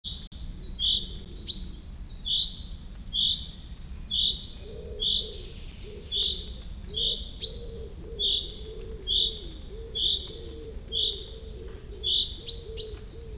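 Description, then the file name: Common chaffinch calls, short sharp high notes repeated steadily about once a second, with low soft cooing and a faint rumble in the background. "Fringilla coelebs"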